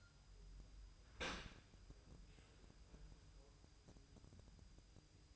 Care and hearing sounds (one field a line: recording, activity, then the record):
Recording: daily activity, microphone in the room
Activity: open dishwasher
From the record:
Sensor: 2